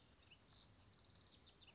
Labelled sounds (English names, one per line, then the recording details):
House Wren
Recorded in Sonoma County, California